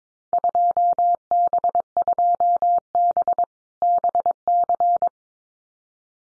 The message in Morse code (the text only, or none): 2B2B BC